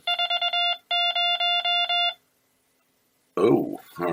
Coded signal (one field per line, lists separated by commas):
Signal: Morse code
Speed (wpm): 20 wpm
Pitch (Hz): 2800 Hz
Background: speech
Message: 40